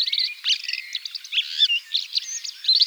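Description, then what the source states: Red-backed shrike giving a rapid, scratchy chatter of varied squeaky and buzzy notes, delivered almost continuously with short pauses. Slovenia.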